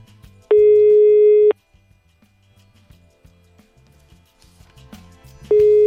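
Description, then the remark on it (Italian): A telephone ringing tone on the line of an unanswered call to Mavib, a maker of electric motors for air-conditioning systems: a loud, steady mid-pitched beep lasting about a second, a long pause over a faint low murmur, then the next beep starting. “Qui squilla.”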